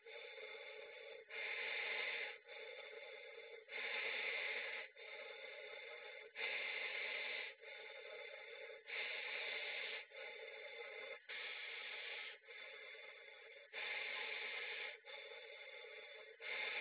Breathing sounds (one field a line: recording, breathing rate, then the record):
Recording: paced breathing near a phone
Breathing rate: 24 breaths a minute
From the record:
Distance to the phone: 20 cm